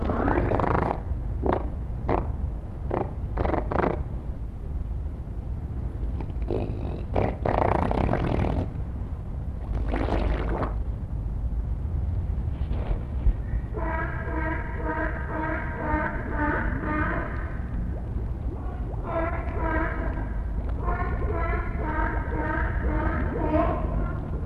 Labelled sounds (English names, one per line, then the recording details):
Harbor Seal
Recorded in captivity
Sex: male
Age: adult
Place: Zoo Berlin, Berlin, DE
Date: 1960-12-17 16:00
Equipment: Minifon, Kopie Smaragd
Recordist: Tembrock, Günter